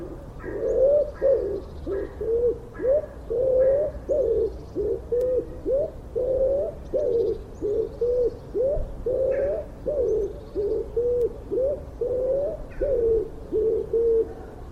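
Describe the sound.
Common wood pigeon cooing, low hollow notes repeated in quick uneven runs throughout, with a few faint higher chirps from other birds.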